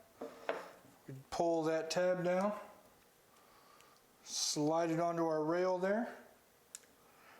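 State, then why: Seated. Someone talks while a MantisX shooting-trainer sensor, with its tab pulled down, is slid onto a pistol's accessory rail and released. Its clamp snaps onto the rail with one sharp click at 6.8 s. The sensor is seated and installed.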